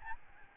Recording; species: mosquito wingbeat signal from an infrared sensor; Aedes albopictus